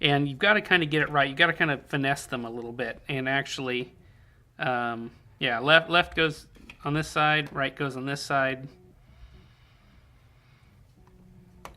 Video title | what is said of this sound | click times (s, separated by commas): Syllable Bluetooth Wireless Earbuds - Review | That one clicked in place, and now they're both clicked in place. | 11.1 s, 11.7 s